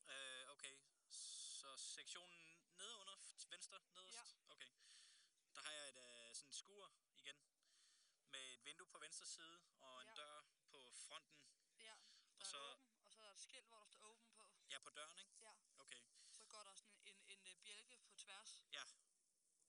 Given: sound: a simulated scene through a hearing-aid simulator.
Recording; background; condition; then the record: conversation; quiet; 65 dB SPL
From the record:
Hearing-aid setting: III (slow-acting compression, loudness normalization, advanced features for about 2.5 dB of SNR improvement); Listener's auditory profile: A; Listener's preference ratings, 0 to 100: 81, 67, 88